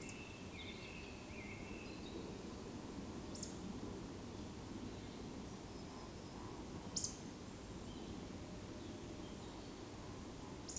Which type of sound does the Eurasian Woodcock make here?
whistle